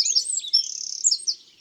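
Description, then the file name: Eurasian wren song: a brief, very high burst of rapid trills and sharp twittering notes, fading out after about a second and a half, with nothing else heard. "Troglodyte mignon ABC des chants doiseaux"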